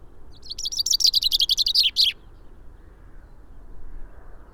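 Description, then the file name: Common chaffinch song, one loud accelerating series of high notes dropping in pitch and closing with a quick terminal flourish, followed by quiet background hiss. "Fringilla coelebs"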